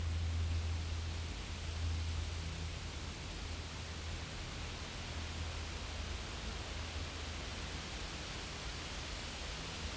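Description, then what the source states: Insect buzzing, a thin, high, continuous trill heard at the start, silent for several seconds, then returning near the end over low rumble. Insects recorded in a field.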